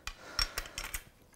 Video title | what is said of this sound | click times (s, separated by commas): How To Set Up A Recurve Bow - LancasterArchery.com | you'll hear a click sound once you hear a click sound place that indicates | 0.4 s